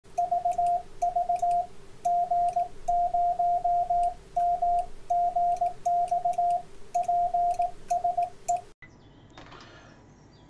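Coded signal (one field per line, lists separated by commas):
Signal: Morse code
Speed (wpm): 18 wpm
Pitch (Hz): 700 Hz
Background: radio noise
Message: VV G0MGX PSE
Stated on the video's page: CW beacon from a homebrewed STM32 Arduino-based CW and WSPR beacon, sending CW at the top of each minute.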